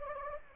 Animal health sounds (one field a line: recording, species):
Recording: mosquito wingbeat signal from an infrared sensor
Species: Anopheles gambiae